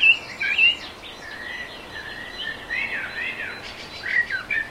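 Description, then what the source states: Birds singing together at dawn, with whistled notes and chirps running on almost continuously over a faint background hiss. Dawn chorus sound effect.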